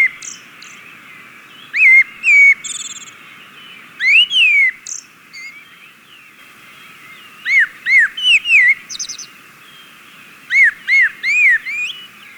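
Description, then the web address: Great thrush singing short whistled phrases of rising and falling notes, in three bursts separated by pauses. South America; Ecuador. "S America Birds of Ecuador. Great Thrush"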